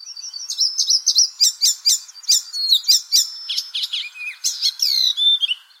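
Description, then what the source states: Icterine warbler song, a varied, rapid medley of sharp high notes, chirps and nasal squeaky phrases with little repetition. Song likened to the shooting sound of an old game console; always contains an element like a squeaking rubber duck, described as a reliable identification feature.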